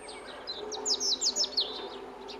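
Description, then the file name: European robin giving a quick run of high, thin, sweeping notes that rise and fall, several in close succession over a steady low hum. "Erithacus rubecula"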